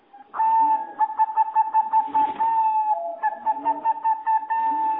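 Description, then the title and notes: Bird song: a long, sustained whistle that holds its pitch, broken by rapid clicking pulses and a few brief lower notes. "Bird Sound. Kicau Burung Lengkap"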